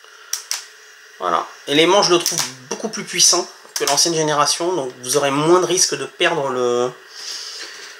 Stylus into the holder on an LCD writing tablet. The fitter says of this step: Petit stylet, vous voyez, il y a un petit ergot ici, et regardez, hop, il se clipse dedans.